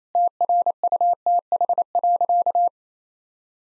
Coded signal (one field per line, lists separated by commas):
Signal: Morse code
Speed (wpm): 28 wpm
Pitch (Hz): 700 Hz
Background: none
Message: TRUTH.